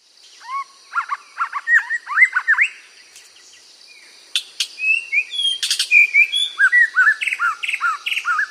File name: White Rumped Shama bird song